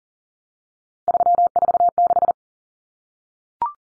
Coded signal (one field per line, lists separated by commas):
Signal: Morse code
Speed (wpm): 40 wpm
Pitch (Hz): 700 Hz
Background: none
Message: 346